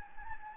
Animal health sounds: mosquito wingbeat signal from an infrared sensor; Anopheles gambiae

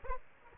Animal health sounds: mosquito wingbeat signal from an infrared sensor; Aedes aegypti

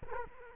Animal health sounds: mosquito wingbeat signal from an infrared sensor; Culex quinquefasciatus

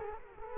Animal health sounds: mosquito wingbeat signal from an infrared sensor; Culex quinquefasciatus

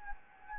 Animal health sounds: mosquito wingbeat signal from an infrared sensor; Anopheles gambiae

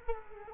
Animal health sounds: mosquito wingbeat signal from an infrared sensor; Culex quinquefasciatus

